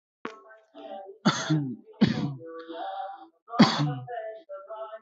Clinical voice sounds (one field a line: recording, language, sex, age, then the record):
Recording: short text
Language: Brazilian Portuguese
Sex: male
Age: 20 to 29 years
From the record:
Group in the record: control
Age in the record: 22 years